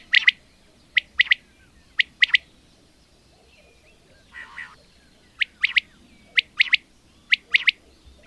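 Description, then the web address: Common quail giving repeated crisp three-note calls, roughly one phrase per second, with a pause and a brief lower rasping sound midway through. "agykontroll Madardalok Cd 2. Fürj"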